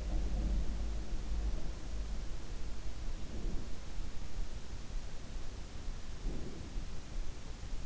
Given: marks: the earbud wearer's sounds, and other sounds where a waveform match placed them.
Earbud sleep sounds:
sounds in sleep by an in-ear microphone; breath
0.00-0.76 s: breath
3.03-3.87 s: breath
6.16-6.97 s: breath

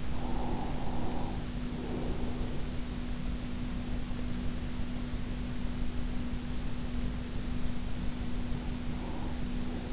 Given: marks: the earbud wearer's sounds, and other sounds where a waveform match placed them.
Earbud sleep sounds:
sounds in sleep by an in-ear microphone; breath
0.00-2.79 s: breath

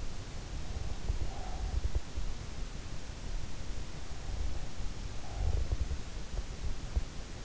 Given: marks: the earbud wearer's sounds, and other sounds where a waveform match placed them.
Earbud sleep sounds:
sounds in sleep by an in-ear microphone; breath
0.56-2.37 s: breath
4.63-6.44 s: breath

